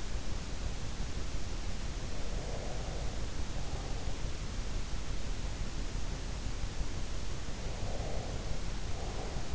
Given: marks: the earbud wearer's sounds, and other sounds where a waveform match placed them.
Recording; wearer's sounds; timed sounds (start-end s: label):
sounds in sleep by an in-ear microphone; breath
2.14-4.14 s: breath
7.60-9.55 s: breath